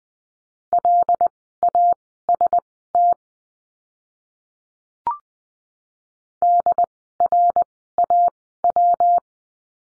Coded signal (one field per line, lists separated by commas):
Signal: Morse code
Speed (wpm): 20 wpm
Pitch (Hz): 700 Hz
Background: none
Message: LAST DRAW